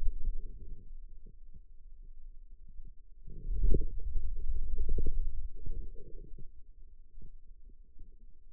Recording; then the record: forearm muscle sounds (acoustic myography)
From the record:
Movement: hand closing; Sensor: system 2, bracelet of six BSWA MPA416 microphones around the upper forearm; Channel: 3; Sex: male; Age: 22 years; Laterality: right